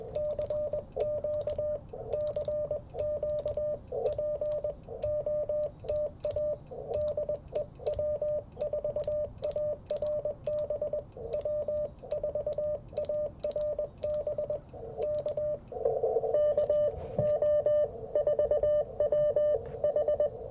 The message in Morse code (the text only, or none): CQ CQ POTA DE W4ARB W4ARB K KO4WH